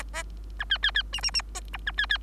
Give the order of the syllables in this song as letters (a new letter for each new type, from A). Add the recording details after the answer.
A B B B C C C D E A B B. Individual Bird3